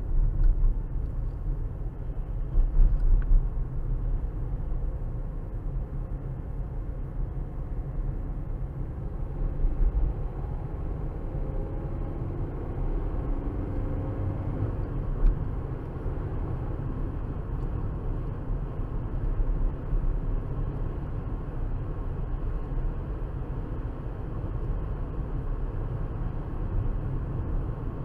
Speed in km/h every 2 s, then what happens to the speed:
40, 44, 45, 47, 48, 58, 66, 71, 72, 71, 72, 72, 74, 74.
0-13 speeds up to 71. 13-28 steady at about 72.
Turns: none.